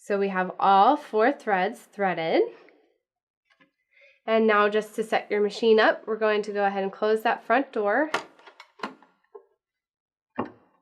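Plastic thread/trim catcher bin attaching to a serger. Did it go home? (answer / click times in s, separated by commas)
yes / 10.4 s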